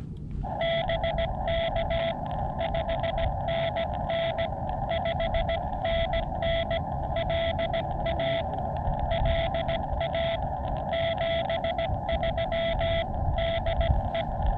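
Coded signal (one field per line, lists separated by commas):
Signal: Morse code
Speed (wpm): 17 wpm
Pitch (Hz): 670 Hz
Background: none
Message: BK 5NN 5NN LA LA 73 DE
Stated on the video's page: Morse from a Summits on the Air portable activation using a Xiegu X6100 transceiver and a Morse pocket double paddle.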